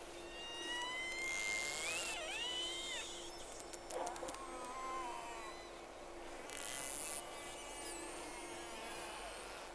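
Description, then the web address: Whale whistles, several rising and falling tonal sweeps, one curving upward then down, with brief click bursts over a constant engine-like hum. Two whales recorded from the Sea Snake on 3 October 2006, around 11:30, Round 1. "Sea Snake 10-3-06 Whales X 2 11-30 Round 1"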